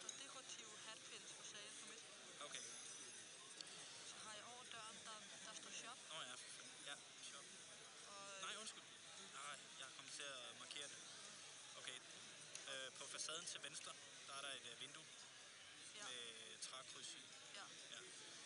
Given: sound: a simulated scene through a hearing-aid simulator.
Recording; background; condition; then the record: conversation; cafeteria; +4 dB SNR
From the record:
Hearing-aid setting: I (fast-acting compression, audibility-based gain); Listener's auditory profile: B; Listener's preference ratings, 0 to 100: 89, 91, 68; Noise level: 65 dB SPL